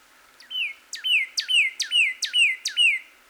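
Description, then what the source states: Cardinal song: six evenly repeated two-part whistled phrases, each a sharp note followed by a downward-sliding slur. Recorded on 26 April 2019.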